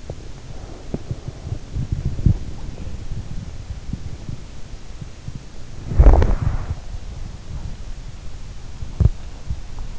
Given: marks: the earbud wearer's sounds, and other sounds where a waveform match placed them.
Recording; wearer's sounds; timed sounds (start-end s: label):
sounds in sleep by an in-ear microphone; teeth grinding, breath, body movement
0.00-2.38 s: teeth grinding
0.54-3.11 s: breath
5.68-7.65 s: body movement
8.74-9.29 s: teeth grinding